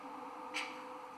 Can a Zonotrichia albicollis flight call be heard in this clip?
no